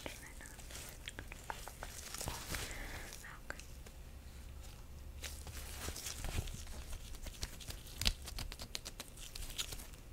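Glove sounds: a steady run of rubbing and creaking with sharp clicks and snaps scattered throughout, thickening into quick bursts around the middle and again near eight seconds. A low rumble and soft hiss sit underneath, with a brief muffled murmur early on.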